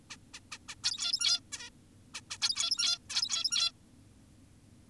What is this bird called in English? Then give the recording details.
Zebra Finch. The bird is an adult. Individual g17y2U